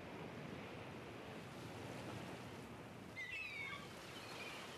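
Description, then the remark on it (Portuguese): Steady, roaring surf as ocean waves break and wash onto a beach with coconut palms, a continuous broad rush of water, with a few faint high gull cries appearing near the end. “de mar com coqueiros, ondas e gaivotas. Uma linda paisagem natural.”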